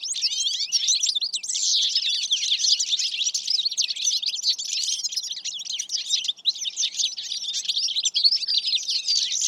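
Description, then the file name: European goldfinch calls: a dense, continuous chatter of high tinkling and twittering notes, steady throughout. "Carduelis carduelis"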